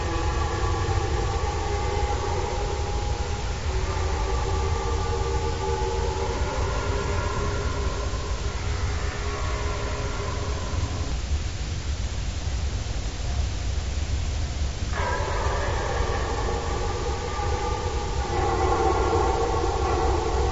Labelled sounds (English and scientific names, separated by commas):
Red Deer (Cervus elaphus)